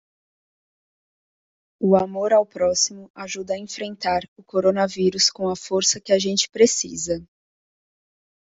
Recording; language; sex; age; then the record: spoken sentence; Brazilian Portuguese; female; 30 to 39 years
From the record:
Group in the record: control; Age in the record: 30 years